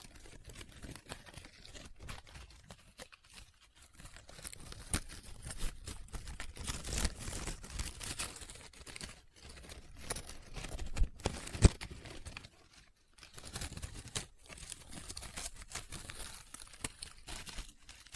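Paper being handled close up: folding, rubbing and crinkling come in dense bursts of crisp, rustling noise that swell and fade irregularly. The busiest stretches fall around 5 to 12 seconds and again after 13 seconds, separated by brief quiet gaps, with a sharp snap near 11 seconds.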